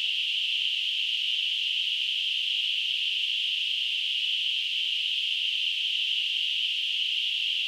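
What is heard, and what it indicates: A simulated tinnitus sound: a steady, continuous high-pitched hiss, a narrow band of noise centred around 3 kHz with no low-frequency content, unchanging for the whole clip.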